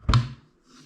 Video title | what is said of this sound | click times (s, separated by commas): SetPower AJ50 Fridge/Freezer - Unboxing, Test & Review | nice click when you open it up | 0.1 s